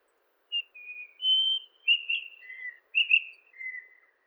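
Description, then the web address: White-throated rock thrush song: a phrase of clear whistled notes, some steady and some slurred, shifting up and down in pitch, with brief gaps between. "Monticola gularis song. birds of the ussr"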